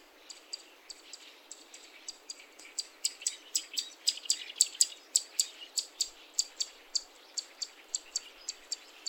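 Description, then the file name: Zitting cisticola song of sharp high 'zit' notes repeated in a steady series, speeding up midway, over faint background hiss. Recorded in Saitama, Japan, on 11 June 2021. "セッカ 210611 さいたま市"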